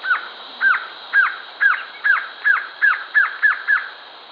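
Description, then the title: Glossy antshrike giving ten loud, downslurred hooked notes in a steady run that speeds up toward the end; little else audible. Subspecies luctuosus, assumed from location. "LuckyPassaro Completos2Sama. Glossy Antshrike (Sakesphorus luctuosus luctuosus (ssp assumed from location))"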